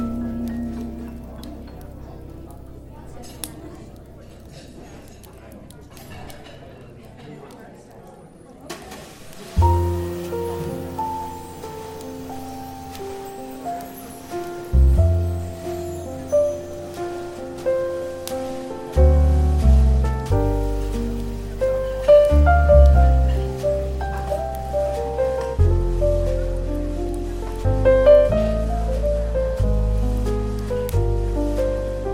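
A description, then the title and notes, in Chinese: Café ambience with relaxed, soothing jazz. The first nine seconds hold a soft, murmuring background with faint chatter, then music enters around ten seconds: a warm low bass line under piano-like chords and melody, gently plucked notes recurring steadily to the end. 咖啡馆氛围与轻松舒缓的爵士音乐。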